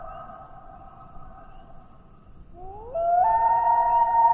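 Common loon holding a long, steady mournful note, then sliding upward into a louder, pure wailing tone with rich overtones.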